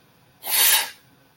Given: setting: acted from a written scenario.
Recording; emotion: vocal sound without words; contempt